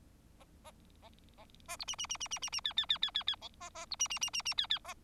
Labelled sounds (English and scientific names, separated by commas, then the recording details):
Bengalese Finch (Lonchura striata domestica) song
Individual Bird4